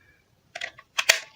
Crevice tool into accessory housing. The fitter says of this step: and it snaps into place there and then you have your small brush